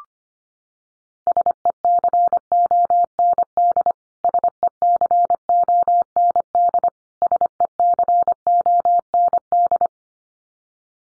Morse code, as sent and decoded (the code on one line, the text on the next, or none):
... . -.-. --- -. -.. / ... . -.-. --- -. -.. / ... . -.-. --- -. -..
SECOND SECOND SECOND